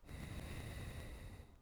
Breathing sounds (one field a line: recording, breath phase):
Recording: one breath near a microphone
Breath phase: exhalation